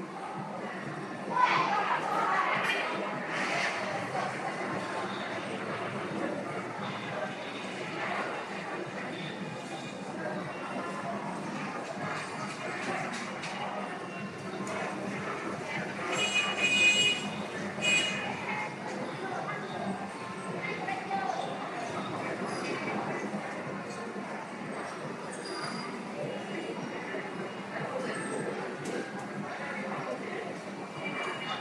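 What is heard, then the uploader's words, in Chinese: Chanting to the Medicine Buddha at Shishi Chan temple in Xiamen, a dense, steady murmur of many voices at an even level throughout. A sharp knock sounds near the start, and a brighter, rattling burst stands out around 16 to 18 seconds. 厦门石室禅院，药师如来。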